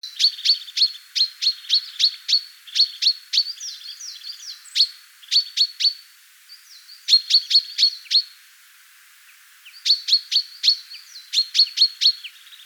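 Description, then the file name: Common chaffinch, rapid runs of bright, clipped notes, broken by brief pauses and a few softer slurred notes, then more quick runs. "Fringilla coelebs"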